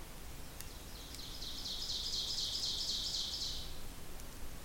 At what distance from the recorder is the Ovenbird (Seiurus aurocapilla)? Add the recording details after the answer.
about 55 m. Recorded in boreal forest in Alberta, Canada, on 26 May 2016 at 08:26. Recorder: SongMeter 3, array SBT-3-15. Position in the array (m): 36 m, 247 m. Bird 20